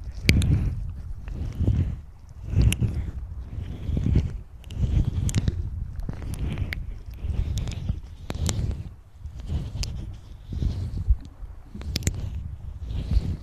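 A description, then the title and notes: Mouth sounds and breathing: soft, low, rushing breaths rise and fall in waves roughly every second or two. Sharp wet clicks and smacks cut through at irregular moments, around the third, eighth and twelfth seconds, over a constant low rumble. Mouth Sounds & Breathing.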